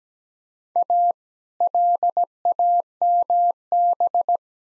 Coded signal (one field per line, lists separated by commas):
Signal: Morse code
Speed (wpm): 17 wpm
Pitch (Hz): 700 Hz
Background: none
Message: A LAMB